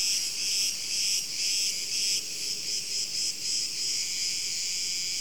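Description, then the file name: Cricket chirps pulse about twice a second over a continuous high-pitched chorus, strongest in the first two seconds. "Grillen"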